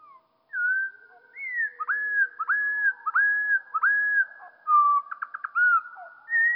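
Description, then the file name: Eurasian wren song, low and drawn out, with long whistled notes, a run of four hooked phrases, then a quick burst of short notes and a final whistle. Song slowed down by two octaves. "troglodyte-moins-2-octaves"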